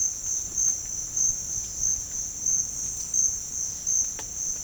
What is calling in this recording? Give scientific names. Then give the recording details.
none. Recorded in dense forest near Puerto Asís, Putumayo, Colombia, on 27 June 2025 at 10:00. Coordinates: 0.481, -76.323. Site G072